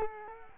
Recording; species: mosquito wingbeat signal from an infrared sensor; Culex quinquefasciatus